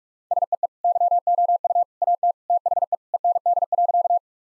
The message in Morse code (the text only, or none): SEE YOU AT THE END.